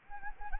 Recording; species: mosquito wingbeat signal from an infrared sensor; Anopheles gambiae